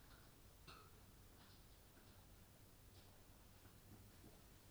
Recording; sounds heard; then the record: poultry house recording; no chicken sound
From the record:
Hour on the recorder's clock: 20